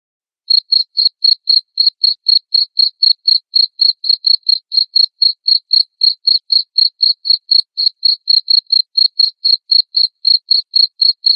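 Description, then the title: Cricket chirping after a brief silent start, a steady train of short high pulses about four per second, unbroken on a silent background. Loud cricket chirping played to make lovebirds sing continuously. "Suara JANGKRIK NGERIK Keras Bikin LOVEBIRD Jadi NGEKEK Terus"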